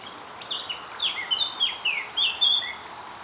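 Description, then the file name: Eurasian blackcap with a rapid string of clear, whistled downslurred notes, against a continuous thin buzzing drone. "Sylvia atricapilla"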